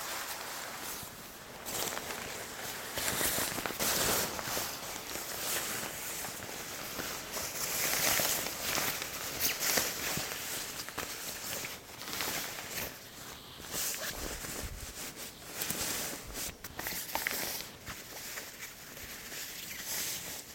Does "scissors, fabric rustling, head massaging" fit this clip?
yes